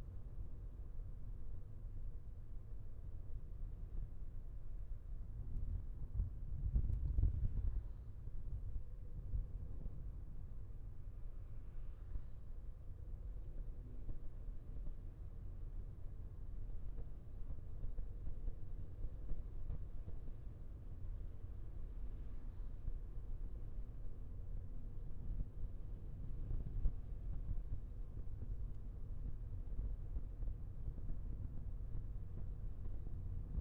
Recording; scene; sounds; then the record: everyday scene through a hearing-aid microphone; in a vehicle; engine, traffic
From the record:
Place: Skoda Fabia, gasoline engine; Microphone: behind the ear, left, rear